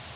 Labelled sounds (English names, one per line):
Yellow-rumped Warbler flight call